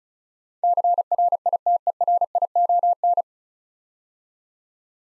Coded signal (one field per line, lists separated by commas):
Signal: Morse code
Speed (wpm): 36 wpm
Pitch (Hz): 700 Hz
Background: none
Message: CRITERION